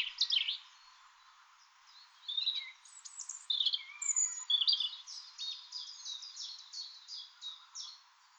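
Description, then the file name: European robin singing a varied, high-pitched phrase of thin whistles, quick twittering notes and a run of repeated trills, with short pauses between bursts. "Erithacus rubecula"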